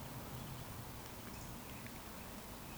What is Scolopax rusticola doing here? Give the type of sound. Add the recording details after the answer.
whistle. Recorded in Baden-Württemberg, Germany, on 14 June 2020 at 19:55 UTC. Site 14569, 102 m above sea level